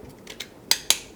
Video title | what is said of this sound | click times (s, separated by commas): PZEM-028 AC Digital Meter มัลติมิเตอร์ดิจิตอล 40-400V 0-100A | จะได้ยินเสียงดังแกกก็คือล็อคแล้วนะ | 0.7 s, 0.9 s